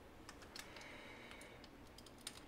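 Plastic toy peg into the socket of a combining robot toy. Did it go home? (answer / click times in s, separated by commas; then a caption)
yes / 2.3 s. Plastic pegs on one dinosaur zord of a Bandai SoC Megazord toy are pushed into the matching peg holes on another to combine them into the robot. Light plastic clicks and scrapes sound at 0.3, 0.6, 1.3, 2.0 and 2.1 s, and the strongest sharp snap comes at 2.3 s as the peg seats in its socket.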